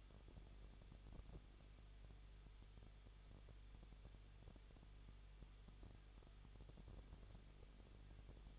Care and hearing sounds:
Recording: daily activity, microphone in the room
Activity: no activity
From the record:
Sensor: 4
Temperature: 23.0 degrees Celsius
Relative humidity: 34.4%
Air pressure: 1007.3 hPa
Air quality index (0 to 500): 217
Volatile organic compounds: 15 ppm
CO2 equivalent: 2515 ppm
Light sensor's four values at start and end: 2/3/1/1 and 2/3/1/1

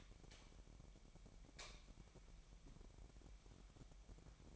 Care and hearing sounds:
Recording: daily activity, microphone in the room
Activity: light on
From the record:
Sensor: 1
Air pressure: 1012.0 hPa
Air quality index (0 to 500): 232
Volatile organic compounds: 6 ppm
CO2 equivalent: 1854 ppm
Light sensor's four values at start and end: 13/32/13/15 and 17/46/18/20

